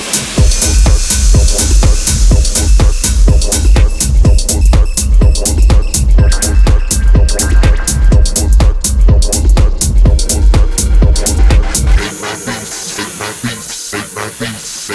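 A dense, processed texture of drum hits and effects, with a deep pulsing low thump and sharp, bright clicks repeating quickly and steadily for the first twelve seconds. Then the beat drops out, leaving a quieter, hissy, atonal wash with scattered fluttering noises.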